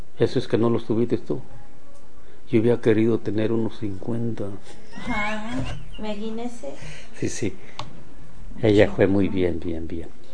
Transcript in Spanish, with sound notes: eso es que no los tuviste tú. Yo había querido tener unos cincuenta”. (risas)
¡Ah! Imagínese.
Sí, sí. Ella jue muy bien, bien, bien.